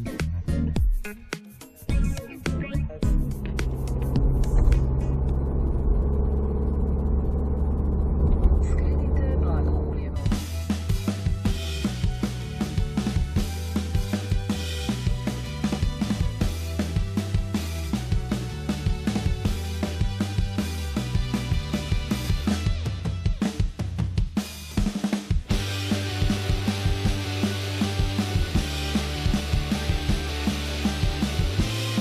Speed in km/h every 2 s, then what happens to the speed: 46, 48, 50, 52, 55, 55, 55, 57, 58, 67, 73, 74, 77, 78, 76, 69.
0-23 speeds up to 77. 27-32 slows to 69.